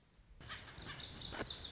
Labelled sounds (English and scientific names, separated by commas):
Lazuli Bunting (Passerina amoena)